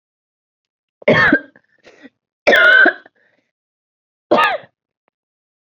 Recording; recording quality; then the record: heavy voluntary cough; excellent, no background noise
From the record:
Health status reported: COVID-19 positive, moderate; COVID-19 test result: positive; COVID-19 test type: RT-PCR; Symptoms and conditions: cough, cold, sore throat, fever, fatigue, muscle pain, another condition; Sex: female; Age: 28 years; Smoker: no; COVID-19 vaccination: both doses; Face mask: worn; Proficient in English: yes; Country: India